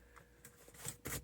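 A plastic trim piece is pushed into the console around the gear selector of a Mercedes with a 722.9 transmission, working from one end to the other. Faint taps are heard at about 0.2 s and 0.5 s, then the trim snaps into place with a click at 0.9 s, followed by a louder burst of handling noise around 1.1 s. The trim piece is seated.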